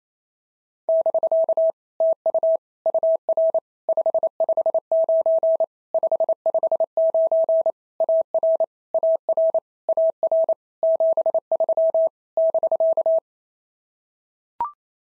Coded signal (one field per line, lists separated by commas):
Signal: Morse code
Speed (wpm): 28 wpm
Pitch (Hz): 650 Hz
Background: none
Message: <BK> TU UR 559 559 AR AR AR 73 <BK>